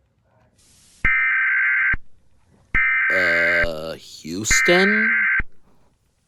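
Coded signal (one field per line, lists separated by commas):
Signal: Emergency Alert System (SAME) tones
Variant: header bursts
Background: speech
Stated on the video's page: Fictional animated EAS scenarios.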